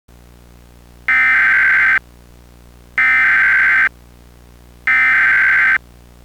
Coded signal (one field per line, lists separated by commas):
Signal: Emergency Alert System (SAME) tones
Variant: header bursts